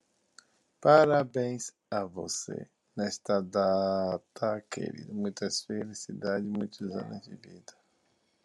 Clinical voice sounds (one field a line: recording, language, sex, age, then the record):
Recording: short text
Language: Brazilian Portuguese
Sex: male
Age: 40 to 49 years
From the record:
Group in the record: control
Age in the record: 44 years